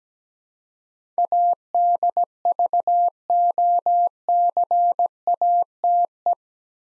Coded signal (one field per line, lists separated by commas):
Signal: Morse code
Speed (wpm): 17 wpm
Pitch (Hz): 700 Hz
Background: none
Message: ADVOCATE